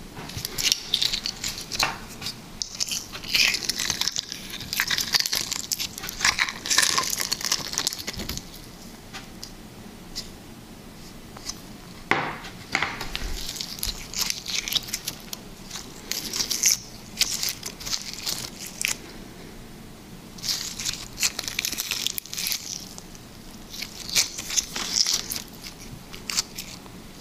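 Liquid slime is squished and stretched in bursts of wet crackling and popping, busiest early and again late, with short quieter pauses between.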